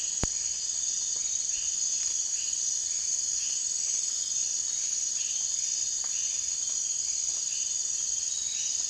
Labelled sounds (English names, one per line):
none